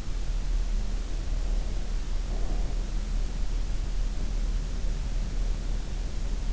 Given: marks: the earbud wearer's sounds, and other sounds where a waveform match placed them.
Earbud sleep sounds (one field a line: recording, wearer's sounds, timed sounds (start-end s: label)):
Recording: sounds in sleep by an in-ear microphone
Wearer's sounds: breath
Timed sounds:
0.84-2.86 s: breath